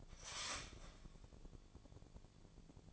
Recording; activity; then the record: daily activity, microphone in the room; start toaster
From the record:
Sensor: 5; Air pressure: 1000.3 hPa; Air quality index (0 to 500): 126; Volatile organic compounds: 2 ppm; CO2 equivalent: 999 ppm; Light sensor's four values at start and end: 86/201/86/93 and 86/201/86/93